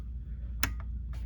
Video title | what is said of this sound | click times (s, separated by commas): Magna Glide Pre Wound Bobbins & Bobbin Tension | Put it in here till it clicks. | 0.6 s